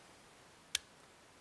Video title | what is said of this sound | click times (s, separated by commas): 826 BONITO WINKHAUS SERRETA DE TONI GANZUADO Y DESMONTADO sub eng | hace un click, | 0.8 s